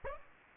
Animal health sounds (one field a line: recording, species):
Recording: mosquito wingbeat signal from an infrared sensor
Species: Aedes aegypti